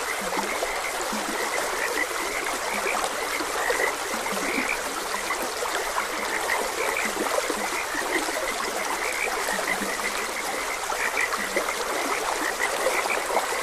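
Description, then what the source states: Frogs croaking in short low notes and brighter chirps scattered through a steady rushing stream that fills the background throughout. Frogs croaking beside a gentle stream.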